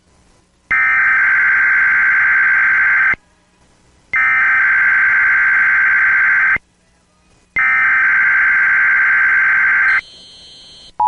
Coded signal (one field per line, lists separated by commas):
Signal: Emergency Alert System (SAME) tones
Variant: header bursts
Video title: EAS 1325: PBZ RWT AT 11:10AM